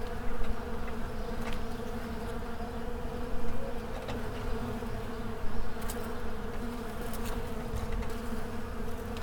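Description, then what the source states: Many insects buzz together in a steady, rich low drone that swells at moments and never stops. A swarm.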